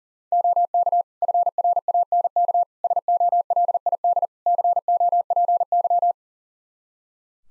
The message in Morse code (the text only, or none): OK FRANK SOLID COPY